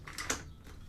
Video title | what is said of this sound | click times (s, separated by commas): MOTR® In Service Training 10/20/20 | there it is so now i know it's locked into place | 0.3 s